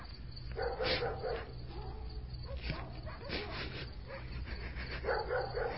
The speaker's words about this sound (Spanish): oyó cómo por todas partes ladraban los perros.